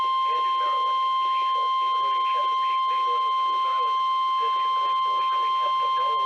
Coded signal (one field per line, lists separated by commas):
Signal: Emergency Alert System (SAME) tones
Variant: 1050 Hz attention tone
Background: speech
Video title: EAS #1193-1196 - WXL39, KIH28, WXM60, and KZZ31 Required Weekly Tests 8-12-2015